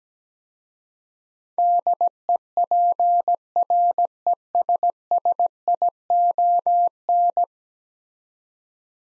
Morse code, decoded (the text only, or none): DEPRESSION